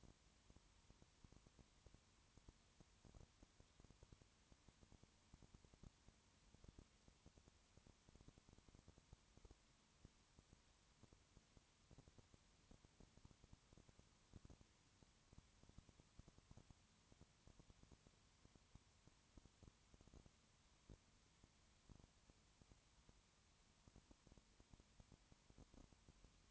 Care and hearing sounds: daily activity, microphone in the room; no activity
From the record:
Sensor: 3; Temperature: 21.1 degrees Celsius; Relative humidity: 37.0%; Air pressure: 1010.6 hPa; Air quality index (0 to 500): 204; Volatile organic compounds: 31 ppm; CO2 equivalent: 2984 ppm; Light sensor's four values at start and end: 2/3/2/2 and 2/3/2/2

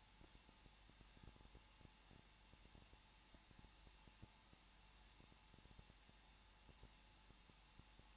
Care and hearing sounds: daily activity, microphone in the room; no activity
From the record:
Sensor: 1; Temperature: 20.0 degrees Celsius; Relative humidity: 39.4%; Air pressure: 1006.4 hPa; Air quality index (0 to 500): 219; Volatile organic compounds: 83 ppm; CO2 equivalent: 3632 ppm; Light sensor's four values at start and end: 1/2/1/1 and 1/2/1/1

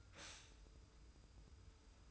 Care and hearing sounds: daily activity, microphone in the room; stop toaster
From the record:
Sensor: 2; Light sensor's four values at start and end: 23/56/22/23 and 23/56/22/23

